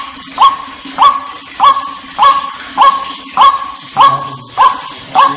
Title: Panggilan Burung Ruak Ruak